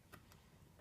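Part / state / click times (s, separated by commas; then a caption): memory module into laptop RAM slot / seated / 0.1 s, 0.3 s. A second memory module, lined up by its notch, is pressed down into a laptop RAM slot in a Non-Retina MacBook Pro. Two short, sharp clicks sound at 0.1 and 0.3 seconds over a quiet background as the module latches into place and seats.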